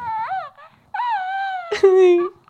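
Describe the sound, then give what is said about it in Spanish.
Electronic Baby Yoda (Grogu) toy cooing when pressed: three short, high, whimpery vocal sounds with gliding pitch, the last starting with a burst and holding a brighter, steady tone. No talking. “Y además, es que fijaos lo mono que es este Baby Yoda, que cuando lo pulsas, mira lo que hace.”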